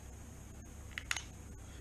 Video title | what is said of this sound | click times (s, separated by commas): falcon tank VS Mesh Pro tank VS Screen tank | hear that click | 1.1 s